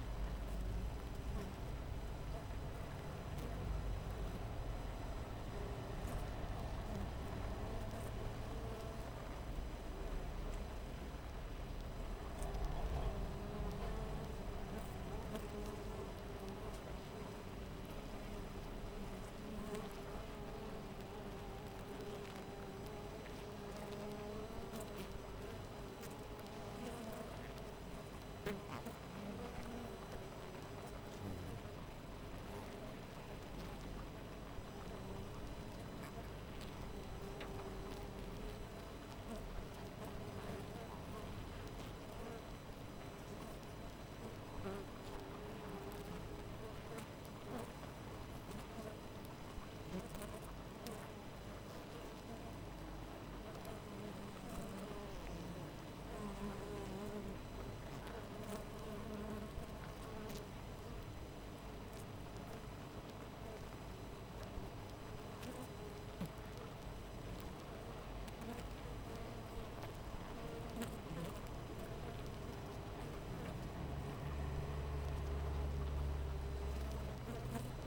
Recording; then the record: honeybee colony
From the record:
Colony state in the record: missing queen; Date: 14 July 2017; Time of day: 4:54